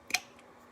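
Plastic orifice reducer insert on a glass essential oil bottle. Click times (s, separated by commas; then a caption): 0.2 s. A plastic orifice reducer (dropper insert) is levered off a glass essential-oil bottle using the cap and pops off, with a sharp click at 0.2 s. Fainter ticks follow around 0.4 s and 0.8 s.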